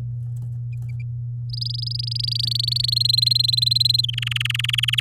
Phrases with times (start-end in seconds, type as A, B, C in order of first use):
1.50-2.94 A, 2.96-4.01 B, 4.03-5.00 C